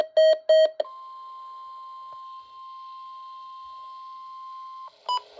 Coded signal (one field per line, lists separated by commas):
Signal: Emergency Alert System (SAME) tones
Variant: 1050 Hz attention tone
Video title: EAS #28 - Required Weekly Test